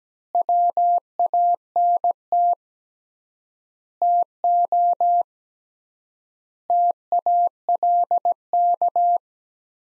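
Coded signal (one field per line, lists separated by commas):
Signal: Morse code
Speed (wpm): 17 wpm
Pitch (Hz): 700 Hz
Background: none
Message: WANT TO TALK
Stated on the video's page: Morse practice of five-word sets at 17 wpm with 3x word spacing, a Farnsworth-like method using words instead of characters.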